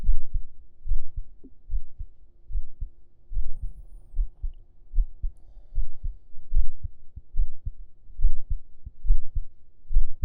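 Regular, deep low thumps in paired lub-dub beats at about 70 a minute, muffled, heard with an ear laid on an adult's chest under the shirt. A steady low hum runs underneath. An ordinary heartbeat.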